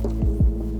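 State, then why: Not seated. A replacement circuit breaker, its outer hook placed on the electrical panel rail, is being handled before being pushed so its blade snaps onto the bus bar. A steady low hum is heard with two soft, low thumps around 0.2 and 0.4 seconds. Nothing has seated or snapped in yet.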